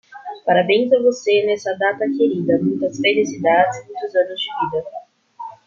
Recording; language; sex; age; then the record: short text; Brazilian Portuguese; female; 20 to 29 years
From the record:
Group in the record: control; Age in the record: 27 years